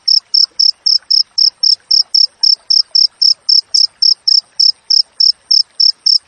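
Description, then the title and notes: Cricket giving shrill, evenly timed chirps, roughly four per second, over a faint background crackle. Clear wild cricket chirping with tightly spaced pauses, used for training songbirds and for repelling rats. "Masteran Jangkrik Alam Jernih, Jeda Rapat Cocok Untuk Masteran Burung Dan Mengusir Tikus. suara jangkrik"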